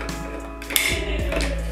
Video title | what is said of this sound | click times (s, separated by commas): My Most Complicated Repair Yet! Toshiba RT-8700S Boom Box Repair | the handle just clicks in place | 0.8 s